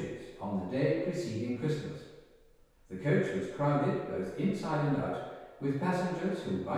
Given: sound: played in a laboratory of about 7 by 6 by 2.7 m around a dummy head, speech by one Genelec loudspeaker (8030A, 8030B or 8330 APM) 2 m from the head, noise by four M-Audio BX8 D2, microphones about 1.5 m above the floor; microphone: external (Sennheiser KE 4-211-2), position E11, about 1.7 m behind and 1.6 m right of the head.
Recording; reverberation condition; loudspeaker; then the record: male speech in English; high; 120 degrees to the left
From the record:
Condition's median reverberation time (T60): about 1300 ms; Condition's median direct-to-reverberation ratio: about -4.0 dB